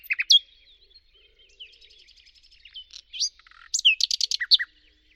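Bird song with opening sharp chirps, soft twittering, then a loud run of rapid high notes and down-slurred whistles.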